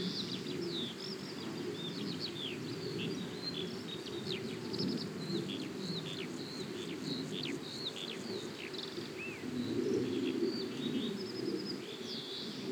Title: Ulflingen, Luxemburg - Huldange, birds wind and crickets near a wheat field